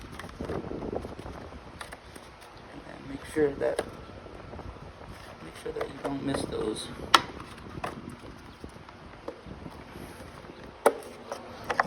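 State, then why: Seated. On a 2024 Yamaha R7, a plastic rear tail fairing panel is slid in from the top with its tabs lined up and pressed into the motorcycle's rear tail section while someone talks. Sharp plastic snaps land at 10.9 s and 11.8 s as the panel seats in place.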